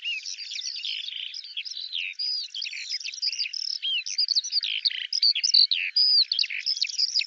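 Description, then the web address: Eurasian skylark song: bright, high, tumbling chatter mixing clear slurred whistles with quick rattling notes, running unbroken. "Deverinetal 2025 File cleaned normalized Bird Al Ar"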